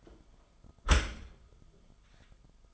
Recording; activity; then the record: daily activity, microphone in the room; close dishwasher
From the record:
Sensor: 5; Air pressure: 1004.7 hPa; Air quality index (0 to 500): 93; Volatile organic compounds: 2 ppm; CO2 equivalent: 1125 ppm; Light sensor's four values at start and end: 33/76/31/30 and 33/75/30/30